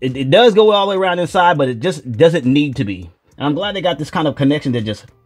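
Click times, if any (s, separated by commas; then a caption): none. A man talks throughout while handling a Hasbro Marvel Legends Apocalypse action figure from the Uncanny X-Men Retro Collection, whose plastic leg has swiveled all the way around at the hip and come apart. The leg is being brought back to its hip socket, but nothing has seated or clicked yet.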